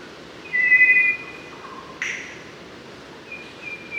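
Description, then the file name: Mangrove robin whistles: a pair of steady pure tones, a brief sharp sound, then another level whistle near the end over soft background hiss. Recorded in Papua New Guinea. "Pene Pulv"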